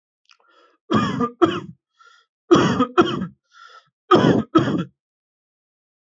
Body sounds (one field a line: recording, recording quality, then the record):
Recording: heavy voluntary cough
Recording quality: excellent, no background noise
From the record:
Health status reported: healthy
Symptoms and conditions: none ticked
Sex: male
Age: 30 years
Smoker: not ticked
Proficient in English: yes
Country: United States